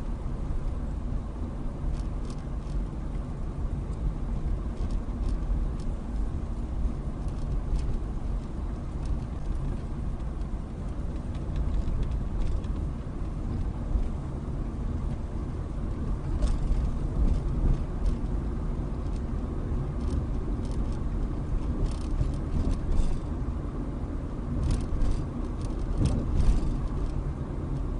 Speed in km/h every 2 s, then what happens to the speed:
21, 23, 23, 23, 21, 21, 23, 24, 26, 27, 29, 29, 29, 29.
0-28 speeds up to 29.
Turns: 6-13.